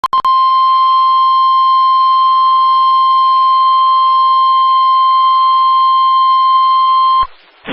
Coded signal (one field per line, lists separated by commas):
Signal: Emergency Alert System (SAME) tones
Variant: 1050 Hz attention tone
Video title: EAS #91-100 my 100th EAS Alert!, Severe thunderstorms in SE, SC, and EC Wisconsin